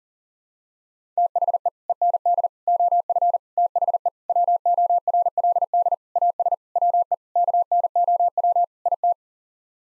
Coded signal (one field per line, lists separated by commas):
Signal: Morse code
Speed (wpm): 40 wpm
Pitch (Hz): 700 Hz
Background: none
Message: THE END OF THE WORLD AS WE KNOW IT